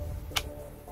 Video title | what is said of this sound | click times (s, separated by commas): Fazendo Upgrade e Manutenção no Notebook Acer Aspire 5750 (Memória, SSD, Speakers) | e vai baixar até ouviu clique pronto | 0.4 s